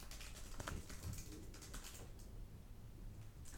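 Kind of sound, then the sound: household object, typing on a keyboard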